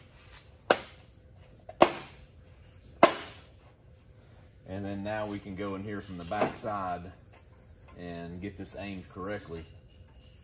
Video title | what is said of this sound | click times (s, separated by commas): Part 11 Chevy ZR2 Diesel Build - Vision X CG2 install | this thing simply just goes right here and snaps into place | 0.7 s, 1.8 s, 3.0 s